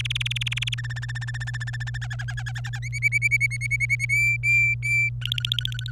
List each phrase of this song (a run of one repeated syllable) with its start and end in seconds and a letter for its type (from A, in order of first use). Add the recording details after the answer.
0.00-0.74 A, 0.78-1.98 B, 2.02-2.79 C, 2.82-4.05 D, 4.09-5.10 E, 5.21-5.91 F. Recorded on 27 April 2018 at 15:26. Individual llb3